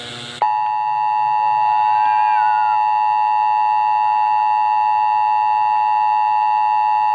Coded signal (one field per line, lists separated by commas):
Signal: Emergency Alert System (SAME) tones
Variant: 853 and 960 Hz attention tone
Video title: GMA Emergency Alert System ⚠️